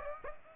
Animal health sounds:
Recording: mosquito wingbeat signal from an infrared sensor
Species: Aedes aegypti

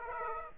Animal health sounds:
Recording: mosquito wingbeat signal from an infrared sensor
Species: Aedes aegypti

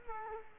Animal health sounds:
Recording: mosquito wingbeat signal from an infrared sensor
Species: Culex quinquefasciatus

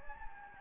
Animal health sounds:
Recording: mosquito wingbeat signal from an infrared sensor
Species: Anopheles gambiae

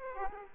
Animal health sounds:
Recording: mosquito wingbeat signal from an infrared sensor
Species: Aedes aegypti

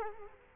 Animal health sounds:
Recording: mosquito wingbeat signal from an infrared sensor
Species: Culex quinquefasciatus

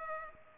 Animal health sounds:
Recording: mosquito wingbeat signal from an infrared sensor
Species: Culex pipiens

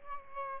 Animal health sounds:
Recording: mosquito wingbeat signal from an infrared sensor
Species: Aedes albopictus

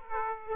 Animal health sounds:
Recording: mosquito wingbeat signal from an infrared sensor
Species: Aedes aegypti

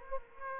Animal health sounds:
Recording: mosquito wingbeat signal from an infrared sensor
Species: Aedes aegypti

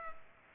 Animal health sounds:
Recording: mosquito wingbeat signal from an infrared sensor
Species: Culex pipiens

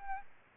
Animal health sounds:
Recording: mosquito wingbeat signal from an infrared sensor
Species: Aedes albopictus

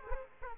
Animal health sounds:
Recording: mosquito wingbeat signal from an infrared sensor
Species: Aedes aegypti

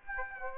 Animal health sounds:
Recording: mosquito wingbeat signal from an infrared sensor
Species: Aedes aegypti

